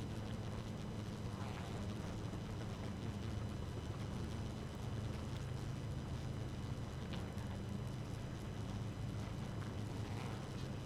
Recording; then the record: honeybee colony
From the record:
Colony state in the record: active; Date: 12 June 2018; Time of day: 4:10